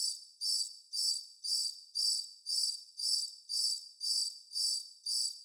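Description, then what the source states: Cricket call: shrill, pulsing chirps at a regular pace of about two per second, each swelling briefly then stopping, no other sounds. Constant cricket bed.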